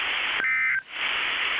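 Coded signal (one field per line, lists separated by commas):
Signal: Emergency Alert System (SAME) tones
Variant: end-of-message bursts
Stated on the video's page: Recreation of a Law Enforcement Warning about escaped inmates, originally from KGRR, using valid EAS tones.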